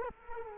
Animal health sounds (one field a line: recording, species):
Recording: mosquito wingbeat signal from an infrared sensor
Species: Culex quinquefasciatus